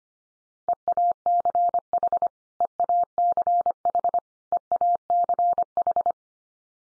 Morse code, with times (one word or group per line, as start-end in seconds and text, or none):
0.7-2.3 EACH
2.6-4.2 EACH
4.5-6.1 EACH